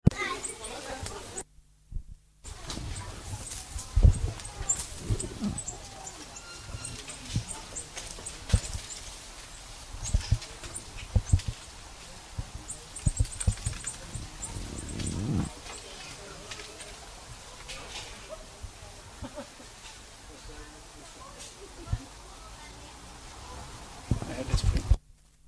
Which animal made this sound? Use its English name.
White-faced Saki